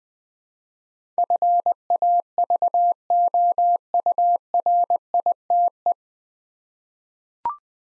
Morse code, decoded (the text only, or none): FAVOURITE